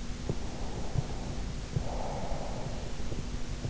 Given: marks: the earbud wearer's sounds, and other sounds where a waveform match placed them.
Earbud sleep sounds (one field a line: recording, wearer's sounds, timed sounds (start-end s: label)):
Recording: sounds in sleep by an in-ear microphone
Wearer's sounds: breath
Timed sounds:
0.81-3.01 s: breath